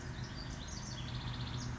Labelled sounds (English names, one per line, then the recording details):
House Wren
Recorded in Sonoma County, California